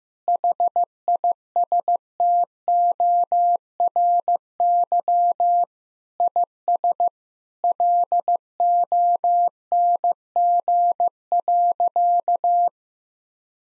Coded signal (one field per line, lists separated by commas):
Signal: Morse code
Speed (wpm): 15 wpm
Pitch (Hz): 700 Hz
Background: none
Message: HISTORY IS LONG.